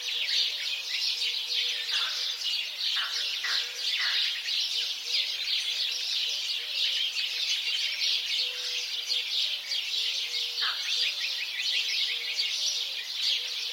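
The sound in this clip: House sparrow group chattering, a thick mass of quick chirps with a few sharper squawky notes, plus a faint intermittent low hum.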